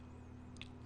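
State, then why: Seated. A 2.5-inch SSD is pushed by finger into the SATA connector of an optical-bay hard drive caddy for an HP DV6 7000 Series laptop. A quick double click sounds at 0.6 s and 0.6 s over a steady low background hum. The SSD snaps into place and seats really tight.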